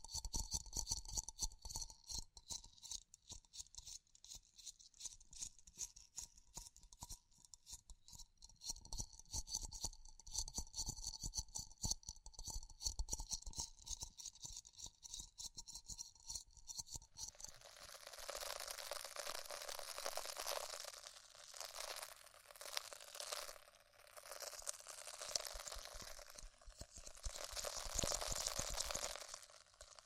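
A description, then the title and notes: Close-up ear exploration sounds: for the first seventeen seconds, dense fine crackles and taps over a faint steady whine. Then a much louder, bright rustling and crinkling takes over, swelling and easing in waves until the end. ASMR Extremely Tingly Ear Exploration (No Talking).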